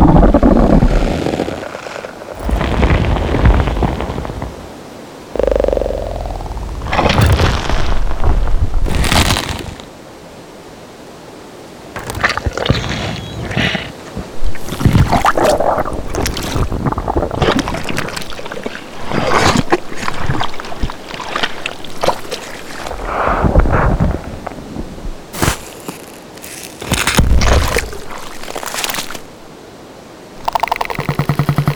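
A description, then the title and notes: Organic creature textures: wet, squelching movements and low groaning sounds come in irregular bursts, with brief quiet gaps around five and ten seconds. Sharp crackling, splashy hits punctuate the middle and end, full, over a murky low rumble. From huge creatures to tiny insects, unexpected groans to invertebrate creatures moving through mud. Organic Lifeform Textures.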